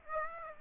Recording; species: mosquito wingbeat signal from an infrared sensor; Aedes aegypti